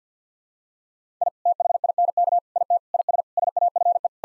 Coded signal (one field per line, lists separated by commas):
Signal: Morse code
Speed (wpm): 50 wpm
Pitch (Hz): 700 Hz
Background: none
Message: I THINK IT IS SAFE